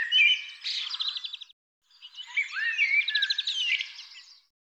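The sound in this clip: Bird song in two phrases: whistled notes mixed with fast buzzy trills, separated by a brief silence.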